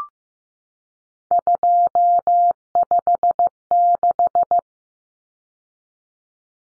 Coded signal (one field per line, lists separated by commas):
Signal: Morse code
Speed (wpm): 15 wpm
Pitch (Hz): 700 Hz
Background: none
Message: 256